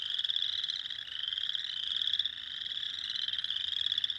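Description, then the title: Spring peeper chorus, a steady wall of shrill rising peeps from many frogs overlapping without pause. Recorded 6 April 2021. "2021-04-06-Spring-Peepers"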